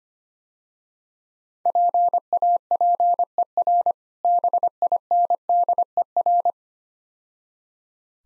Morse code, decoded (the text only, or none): PAPER BINDER